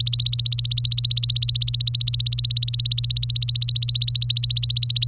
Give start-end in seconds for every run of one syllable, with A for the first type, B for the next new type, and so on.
0.00-5.05 A